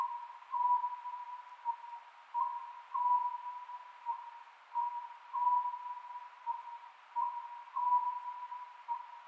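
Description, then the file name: Oriental scops owl calling steadily, three-note hoot phrases roughly every two and a half seconds over an even hum and hiss. Recorded 27 May 2010 at 22:21. "konohazuku 20100527-2221"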